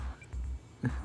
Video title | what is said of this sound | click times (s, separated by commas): Repairing a cheap calculator I got for FREE | Okay, but it clicks into place and can hold pretty well in there, so | 0.9 s